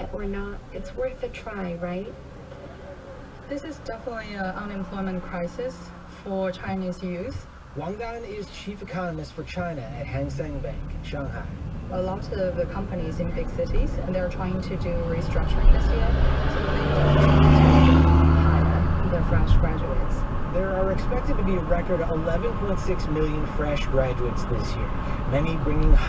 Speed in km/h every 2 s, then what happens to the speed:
8, 0, 0, 0, 0, 8, 19, 29, 39, 48, 53, 56, 56.
1-9 standing. 9-22 pulls away to 56.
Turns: none.